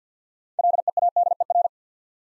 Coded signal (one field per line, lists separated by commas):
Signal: Morse code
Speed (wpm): 50 wpm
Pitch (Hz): 700 Hz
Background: none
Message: LEADER